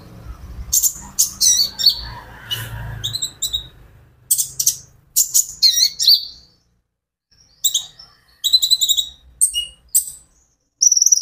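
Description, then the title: Van Hasselt's sunbird song: sharp high chips in quick bursts with brief pauses, with low rumbling noise at the start. Konin ijoan (green) variety singing actively (gacor); recording used as a lure and therapy for caged birds, said to make untrained birds answer. "KOLIBRI NINJA KONIN IJOAN GACOR COCOK UNTUK PANCINGAN TERAPI KONIN BAHAN PASTI NYAUT"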